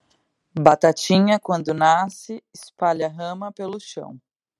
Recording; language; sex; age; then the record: short text; Brazilian Portuguese; female; 20 to 29 years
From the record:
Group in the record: control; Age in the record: 27 years